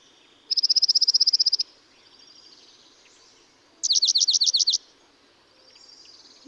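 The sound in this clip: Dark-eyed junco sings a rapid, flat, high trill, then after a pause a slower, buzzier trill of repeated down-up notes.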